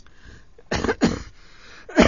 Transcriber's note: coughs